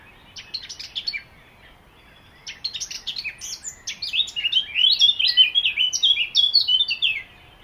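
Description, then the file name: Eurasian blackcap song opening with a brief scratchy twitter, then after a pause a longer, louder stream of quick fluting and warbled notes. "Sylvia atricapilla"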